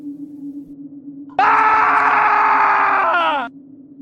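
A man, on entering his house and seeing a woman by the river staring fixedly at him, lets out one sudden, loud scream of fright that holds for about two seconds, its pitch sagging at the end before it cuts off over a low, steady hum.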